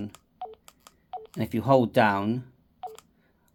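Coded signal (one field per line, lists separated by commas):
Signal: none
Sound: radio key press beeps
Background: speech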